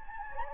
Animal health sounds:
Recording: mosquito wingbeat signal from an infrared sensor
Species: Anopheles gambiae

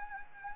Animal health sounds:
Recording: mosquito wingbeat signal from an infrared sensor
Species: Anopheles gambiae

